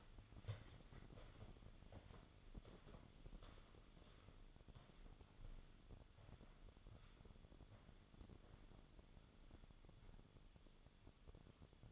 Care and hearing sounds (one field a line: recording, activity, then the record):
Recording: daily activity, microphone in the room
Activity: walk to room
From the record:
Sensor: 4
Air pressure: 1008.9 hPa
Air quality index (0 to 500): 145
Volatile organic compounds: 2 ppm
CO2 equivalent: 1048 ppm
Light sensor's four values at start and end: 11/25/10/9 and 13/30/12/11